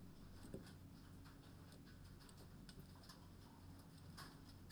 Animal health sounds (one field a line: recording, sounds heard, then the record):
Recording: poultry house recording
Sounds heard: no chicken sound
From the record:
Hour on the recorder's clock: 22